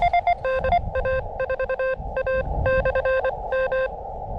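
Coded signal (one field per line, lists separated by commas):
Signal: Morse code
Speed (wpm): 24 wpm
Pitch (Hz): 520 Hz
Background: none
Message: NA4A/M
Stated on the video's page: Morse from a park activation with a portable transceiver and compact antenna attached to the radio; signals weaker.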